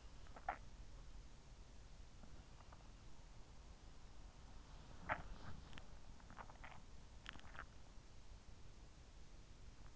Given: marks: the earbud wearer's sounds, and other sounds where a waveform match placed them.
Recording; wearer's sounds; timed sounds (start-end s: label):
sounds in sleep by an in-ear microphone; swallowing
0.00-1.09 s: swallowing
4.39-8.40 s: swallowing